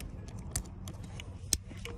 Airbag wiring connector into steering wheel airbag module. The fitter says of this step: You'll hear it click, make sure you click.